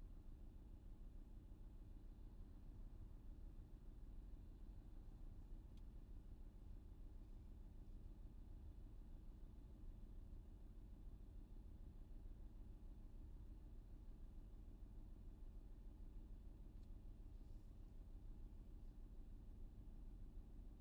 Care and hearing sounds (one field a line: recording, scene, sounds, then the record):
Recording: everyday scene through a hearing-aid microphone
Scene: in a vehicle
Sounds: engine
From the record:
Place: VW T5 Caravelle, diesel engine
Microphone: in the ear canal, left